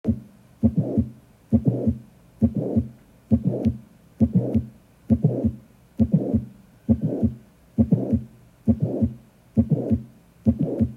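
Regular heart sounds at about 67 beats a minute in an adult, heard by stethoscope, each cycle with a burst of extra sound filling the gap after the first sound. This pattern fits mitral valve prolapse, where a floppy mitral valve can cause a click and a late systolic murmur.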